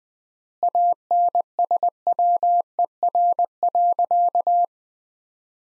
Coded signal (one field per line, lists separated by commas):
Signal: Morse code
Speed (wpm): 20 wpm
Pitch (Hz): 700 Hz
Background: none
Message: ANSWER.